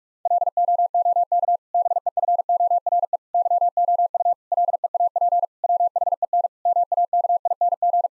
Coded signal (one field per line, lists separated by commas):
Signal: Morse code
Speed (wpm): 45 wpm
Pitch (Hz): 700 Hz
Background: none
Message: LOOK BEFORE YOU LEAP WHEN MAKING